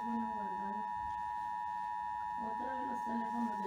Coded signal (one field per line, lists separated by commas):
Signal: Emergency Alert System (SAME) tones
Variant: 853 and 960 Hz attention tone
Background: speech